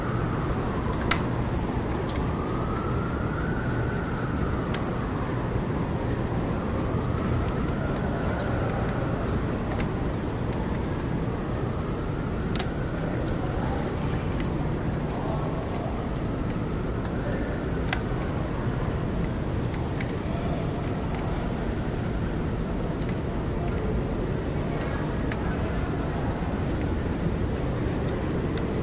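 Rain and city traffic through an open window in New York City make a dense, steady wash of low rumble and hiss. A faint tone rises and falls every few seconds in the first twenty seconds, and scattered sharp ticks cut through the constant noise.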